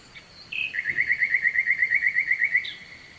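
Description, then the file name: Nightingale delivering a long, fast, even trill of repeated notes lasting about two seconds, framed by a brief introductory note and a closing chirp, with constant hiss behind. Nightingale singing at night with a distant stream, at Kovachevitsa, Bulgaria. "Noshten slavej i dalechen potok (s Kovachevica)"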